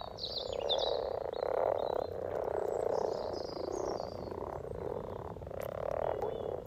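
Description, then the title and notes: Dense frog chorus, near continuous purring croaks swelling and easing, with birds singing high above throughout. Chorus of about 20 frogs in a sunny garden pond, welcoming arriving females come to spawn; Freshfield, Formby, Merseyside, UK; sunny St Patrick's Day lunchtime, 17 March 2023, spring. "Relaxation Frog Chorus Capturing Voices 2023 Spring first lunch outside. Frog chorus captured on 17th March 2023, Freshfield Formby Merseyside, UK Our first lunch outside on sunny St Patrick’s day 17 March 2023"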